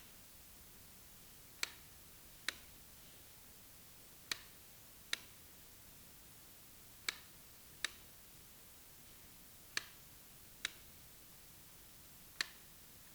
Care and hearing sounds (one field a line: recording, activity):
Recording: daily activity, guitar pickup as the sensor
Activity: operate light